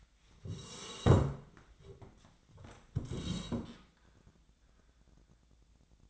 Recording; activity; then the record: daily activity, microphone in the room; sit down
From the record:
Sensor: 3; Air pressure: 1012.3 hPa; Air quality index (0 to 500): 170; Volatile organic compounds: 2 ppm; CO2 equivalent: 1306 ppm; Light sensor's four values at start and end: 57/148/65/68 and 111/241/119/132